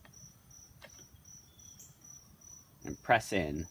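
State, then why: Not seated. A spark plug wire boot is grabbed and lined up over the end of the spark plug on a Honda push lawn mower before being pressed in, with only quiet handling sounds over steady cricket chirping. Someone talks near the end. Nothing has seated or clicked yet.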